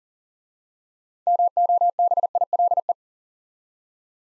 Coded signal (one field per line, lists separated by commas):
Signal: Morse code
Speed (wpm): 40 wpm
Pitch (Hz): 700 Hz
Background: none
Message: MOBILE